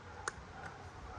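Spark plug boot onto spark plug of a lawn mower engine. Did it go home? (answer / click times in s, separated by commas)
yes / 0.3 s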